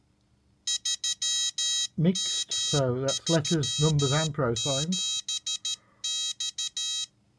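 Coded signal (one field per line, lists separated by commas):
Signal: Morse code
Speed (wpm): 13 wpm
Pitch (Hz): 3200 Hz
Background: speech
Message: 3M37X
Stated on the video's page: Morse generated by a pocket PT20 personal Morse tutor.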